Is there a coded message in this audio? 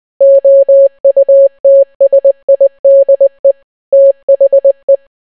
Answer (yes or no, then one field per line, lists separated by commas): yes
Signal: Morse code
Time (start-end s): 0.2-5.0 s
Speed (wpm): 20 wpm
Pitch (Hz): 550 Hz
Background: none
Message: OUTSIDE THE